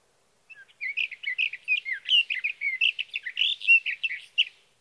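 Sage thrasher singing a fast, run-on warble of warbled and slurred notes lasting about four seconds, with no other sounds present.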